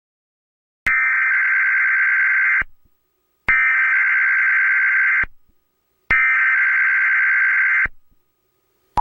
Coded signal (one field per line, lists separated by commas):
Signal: Emergency Alert System (SAME) tones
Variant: header bursts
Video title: EAS Mock: Tsunami in Hawaii and California